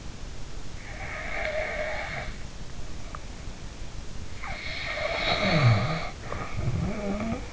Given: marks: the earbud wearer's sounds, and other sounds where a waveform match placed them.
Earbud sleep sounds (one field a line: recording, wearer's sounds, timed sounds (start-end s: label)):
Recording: sounds in sleep by an in-ear microphone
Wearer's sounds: snoring breath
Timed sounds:
0.90-2.49 s: snoring breath
4.29-7.53 s: snoring breath